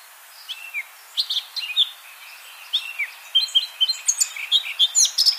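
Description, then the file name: Eurasian blackcap: songbird warbling in quick, scratchy, varied phrases that grow brighter and busier toward the end. "Sylvia atricapilla"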